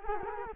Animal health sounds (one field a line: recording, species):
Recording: mosquito wingbeat signal from an infrared sensor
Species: Culex quinquefasciatus